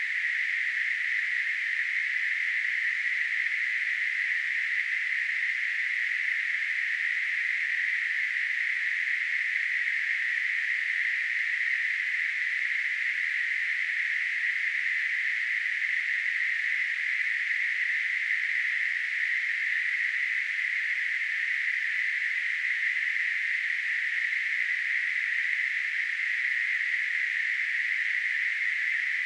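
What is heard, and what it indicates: A steady, unbroken hiss in a narrow mid-high band around 2 kHz holds the same loudness for about 29 seconds, with no low sounds. It simulates tinnitus: a constant hissing or ringing heard without any outside sound.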